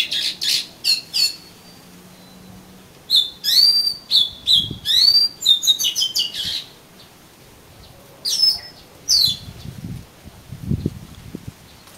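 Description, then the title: Oriental magpie-robin giving bright whistled and slurred notes, a fast varied burst in the middle, then scattered sharp phrases; soft rustling low sounds near the end. "Kacer Kacer"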